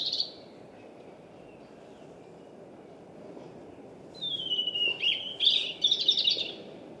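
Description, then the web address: European robin song: a short high note, a long silence, then a long thin descending whistle leading into rapid, sparkling warbled notes, with steady low background noise. "Deverinetal 2025 Bird Only Er Ru"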